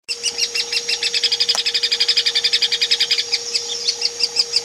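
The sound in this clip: Hairy woodpecker giving a rapid string of sharp, piercing notes throughout, with a constant hum in the background.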